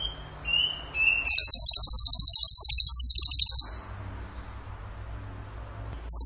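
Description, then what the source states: Bird gives a few short whistled notes, then one long, very rapid, high trill of over two seconds. A pause follows before another trill begins. Masteran (training recording for songbirds), in the tembakan gacor song style.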